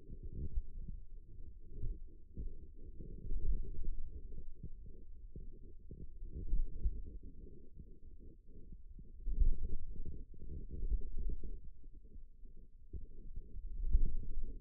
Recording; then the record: forearm muscle sounds (acoustic myography)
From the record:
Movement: wrist extension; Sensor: system 2, bracelet of six BSWA MPA416 microphones around the upper forearm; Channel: 3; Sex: male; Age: 22 years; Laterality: right